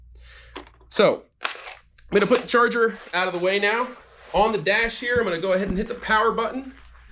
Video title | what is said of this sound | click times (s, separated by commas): 🔎360° VR Test Drive Whill Folding Wheelchair (Model Fi) | put it back in just listen for that click and you know it's in there | 0.6 s